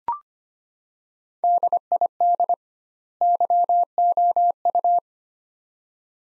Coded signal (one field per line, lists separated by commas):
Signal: Morse code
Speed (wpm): 25 wpm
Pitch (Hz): 700 Hz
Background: none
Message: DID YOU